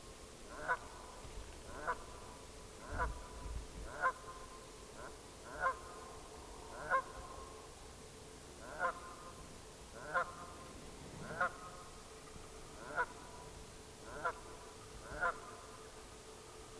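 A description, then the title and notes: Canada geese honk in a steady series, one call roughly every second, nasal and mid-pitched, over a low continuous hum underneath. Field Recording captured by Leslie Rollins (337is). A migrating flock of Canada geese surprised and delighted me when I was in the field capturing video footage of a pond surface near my home in Alfred New York.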